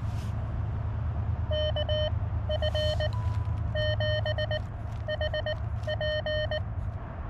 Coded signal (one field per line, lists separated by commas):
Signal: Morse code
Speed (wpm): 17 wpm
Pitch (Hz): 610 Hz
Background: none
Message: KF7HP